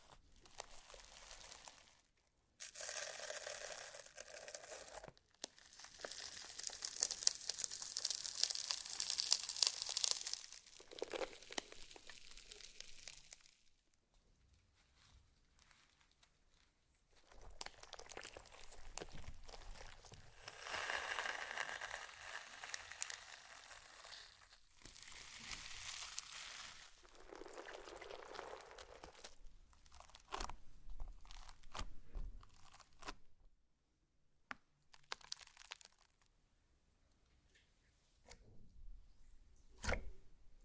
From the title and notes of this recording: ASMR SLIME! 5 Satisfying Slimes.